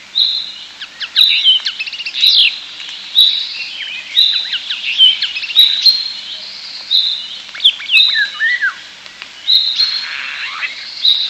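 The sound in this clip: European starling song, busy and varied, packed with clicks, wheezy whistles and rattling phrases that repeat in quick bursts for the whole stretch.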